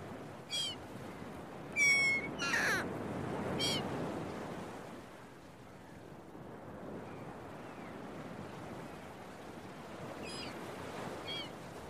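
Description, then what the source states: Gull mewing and yelping several times in the first four seconds, then a few fainter calls later, all over steady rolling surf. Seagulls at a beach with waves, recorded early in the morning.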